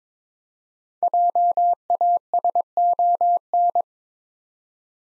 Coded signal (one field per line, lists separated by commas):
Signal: Morse code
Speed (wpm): 22 wpm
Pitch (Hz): 700 Hz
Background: none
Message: JASON